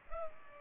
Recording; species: mosquito wingbeat signal from an infrared sensor; Culex pipiens